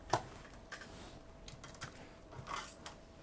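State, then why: Not seated. While reassembling a Samsung Galaxy Z Flip 5 foldable phone after a screen replacement, a plastic internal cover is pressed back into the phone frame, giving a series of light ticks and taps around 0.1, 0.5, 1.5, 1.6 and 2.9 seconds over a faint steady hum. One side of the cover will not clip in, and nothing has clicked into place yet, so it will be unclipped to check what is wrong.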